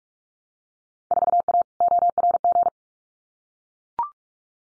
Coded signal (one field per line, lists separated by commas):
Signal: Morse code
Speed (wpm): 44 wpm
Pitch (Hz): 700 Hz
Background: none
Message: 4A ORG